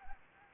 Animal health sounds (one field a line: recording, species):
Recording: mosquito wingbeat signal from an infrared sensor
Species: Anopheles gambiae